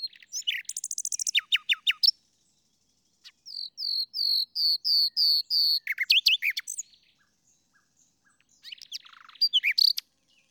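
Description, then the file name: Common nightingale song with rapid sharp repeated notes, then a slow series of about eight identical whistled notes, followed by chattering flourishes and a final rapid burst. "Luscinia megarhynchos"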